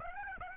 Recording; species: mosquito wingbeat signal from an infrared sensor; Aedes aegypti